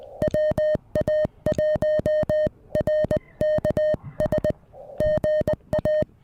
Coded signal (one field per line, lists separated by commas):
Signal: Morse code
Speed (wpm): 19 wpm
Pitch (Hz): 1850 Hz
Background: music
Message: WA1RKS GA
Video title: POTA QRP: Let's pair the Venus SW-3B and "Oreo" 30M Balun/End-Fed Half-Wave!